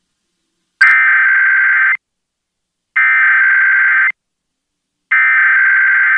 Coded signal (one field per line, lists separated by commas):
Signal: Emergency Alert System (SAME) tones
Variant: header bursts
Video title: Connecticut Monthly on WTIC 1080 (EAS #29321) 10/8/25